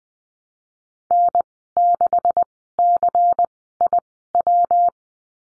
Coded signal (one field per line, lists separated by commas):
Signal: Morse code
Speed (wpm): 20 wpm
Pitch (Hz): 700 Hz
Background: none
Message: N 6 C I W